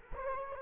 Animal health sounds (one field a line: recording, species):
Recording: mosquito wingbeat signal from an infrared sensor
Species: Culex quinquefasciatus